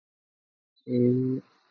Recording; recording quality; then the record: sustained vowel as in beet; excellent, no background noise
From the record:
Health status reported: exposed to COVID-19, no respiratory illness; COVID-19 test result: negative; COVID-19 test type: RT-PCR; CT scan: not taken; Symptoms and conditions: cough, fatigue, muscle pain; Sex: female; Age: 27 years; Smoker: no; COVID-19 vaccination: both doses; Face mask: worn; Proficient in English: yes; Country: India